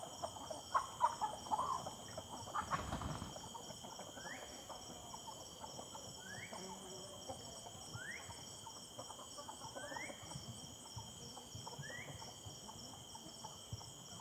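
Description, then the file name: Chicken clucking in soft bursts during the first seconds, with a steady high insect drone and a bird repeating a short rising call every two seconds. Evening ambience in the yard of the Simão Correa headquarters, with chickens and birds in the background, rural setting. "Ambiencia do Entardecer Quintal da Sede Simao Correa com Galinhas e Passaros ao Fundo"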